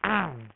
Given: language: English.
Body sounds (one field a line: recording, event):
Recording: throat vibration sensor signal played as sound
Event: throat clearing